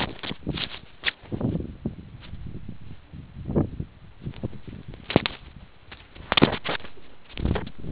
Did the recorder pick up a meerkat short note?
no